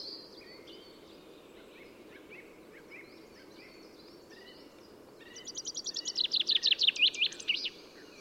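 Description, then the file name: Common chaffinch song near the end, a fast series of descending notes closing with a flourish, after several seconds of soft calls. "Fringilla coelebs"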